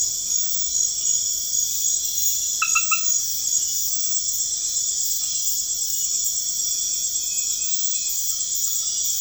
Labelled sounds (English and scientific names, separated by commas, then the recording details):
none
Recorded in pastures near Puerto Asís, Putumayo, Colombia, on 21 March 2025 at 00:00
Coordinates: 0.502, -76.324
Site GP07